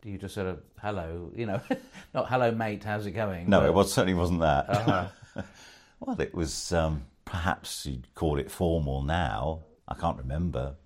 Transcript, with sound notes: Do you just sort of, “Hello” you know, not, “Hello mate, how’s it going?”
No, it certainly wasn’t that. (laughs) Well, it was perhaps you’d call it formal now, I can’t remember.